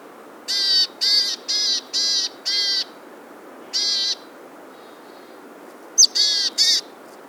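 Bird calls: a run of five short, buzzy, harmonic-rich notes about half a second apart, then a lone note and a final pair, over a soft steady hiss.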